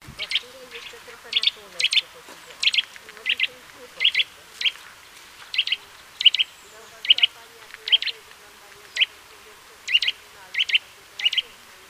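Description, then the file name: Eurasian nuthatch calls: many bright, high, short notes, some doubled, repeated at slightly irregular intervals through the whole stretch. "Sitta europaea"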